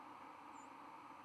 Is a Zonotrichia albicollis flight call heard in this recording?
no